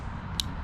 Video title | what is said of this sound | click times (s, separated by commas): COOKING WITH SMALL SOLAR POWER STATIONS USING ALLPOWERS R600 WITH LiTime BLUETOOTH BATTERIES 24V | you'll hear that click normally that'll let you know sometimes the click's a little muted depending on you know | 0.4 s